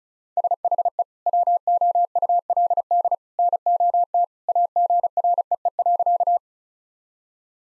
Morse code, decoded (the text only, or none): SHE WOULD NOT AGREE.